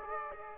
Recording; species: mosquito wingbeat signal from an infrared sensor; Aedes aegypti